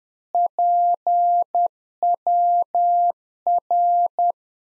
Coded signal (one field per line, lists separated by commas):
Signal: Morse code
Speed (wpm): 10 wpm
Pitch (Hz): 700 Hz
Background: none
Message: PWR